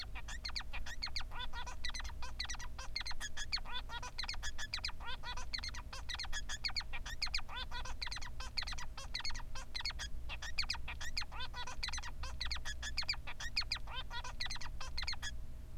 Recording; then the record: song of a male Bengalese finch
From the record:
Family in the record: son of father 3